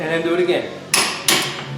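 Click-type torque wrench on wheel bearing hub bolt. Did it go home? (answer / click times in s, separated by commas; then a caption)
yes / 0.9 s, 1.3 s. A click-type torque wrench is pulled on a wheel bearing hub bolt of a Grand Am after someone talks. It gives two sharp metallic clicks at 0.9 s and 1.3 s, confirming the bolt is torqued on the second pull.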